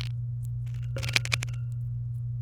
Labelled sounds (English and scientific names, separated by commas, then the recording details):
Domestic Canary (Serinus canaria) song
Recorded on 23 April 2018 at 19:23
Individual llb3